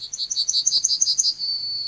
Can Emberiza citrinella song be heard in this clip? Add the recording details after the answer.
yes. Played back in forest. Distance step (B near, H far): C. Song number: 141